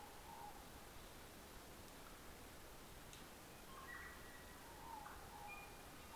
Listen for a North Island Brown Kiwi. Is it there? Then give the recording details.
no. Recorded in New Zealand on 3 December 2013. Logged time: 04:27. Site DF60